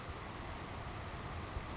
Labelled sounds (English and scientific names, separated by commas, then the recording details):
Savannah Sparrow (Passerculus sandwichensis)
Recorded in Sonoma County, California